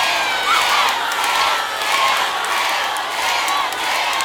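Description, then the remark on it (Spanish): A large concert crowd at a live album recording roars and cheers continuously, a dense wash of shouting voices with scattered high whoops rising above the steady, loud din. “Son ustedes los que cantan, los que gritan, saltan y dicen ¡ay, amor, bien fuerte!”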